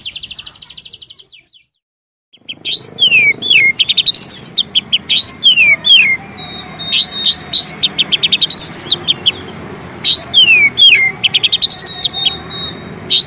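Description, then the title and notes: Oriental magpie-robin song: fast trills that fade into a brief silence, then repeated high phrases of swooping whistles and rapid note bursts. Long-duration filler song (isian) for training kacer to sing actively (gacor) day and night. "Kacer Jadi Gacor Siang Malam. Isian Kacer Durasi Panjang"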